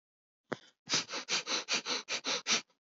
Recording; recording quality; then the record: shallow breathing; excellent, no background noise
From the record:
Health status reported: healthy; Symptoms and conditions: none ticked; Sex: male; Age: 29 years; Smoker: not ticked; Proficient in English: yes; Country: India